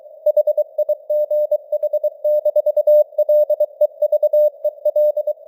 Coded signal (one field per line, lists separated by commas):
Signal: Morse code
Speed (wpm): 23 wpm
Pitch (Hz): 600 Hz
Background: none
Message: HIGH-LEVEL